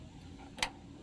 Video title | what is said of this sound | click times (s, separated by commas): Does this kit make changing a fuel filter easier on his 2000 Ford F150? | And there it clicked. You'll hear a click when it latches on. | 0.6 s